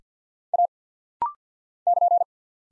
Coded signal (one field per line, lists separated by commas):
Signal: Morse code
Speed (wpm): 48 wpm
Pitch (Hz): 700 Hz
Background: none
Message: A <KN>